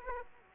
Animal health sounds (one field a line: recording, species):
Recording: mosquito wingbeat signal from an infrared sensor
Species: Aedes aegypti